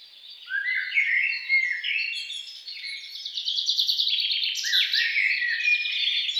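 Songbird singing a rapid, jumbled warble of high twittering notes and short trills, steady and continuous throughout.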